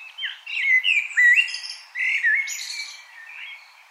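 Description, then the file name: Common blackbird song of rich, gliding flute-like notes mixed with thin, high squeaks in quick succession. "Turdus merula"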